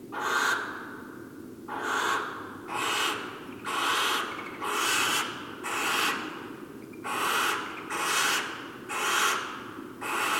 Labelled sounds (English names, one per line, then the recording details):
Western Barn Owl call
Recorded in the wild
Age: adult
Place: Burg Stargard, Mecklenburg-Vorpommern, DE
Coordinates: 53.441, 13.347
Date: 1981-08-31
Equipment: Nagra III BH, Sennheiser MD 21, parabola
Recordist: Schubert, Michael
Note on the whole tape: Rufe einer adulten Schleiereule ("pch-Ruf") und leiser Triller